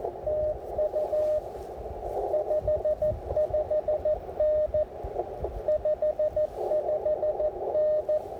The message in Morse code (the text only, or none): TU 55N 55N